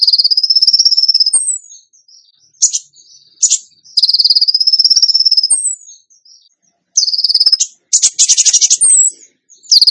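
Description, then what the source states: Bird song: long high trilled phrases alternate with short chattering bursts and a thin descending whistle, repeated in cycles. Masteran training recording for songbirds, in the tembakan gacor song style.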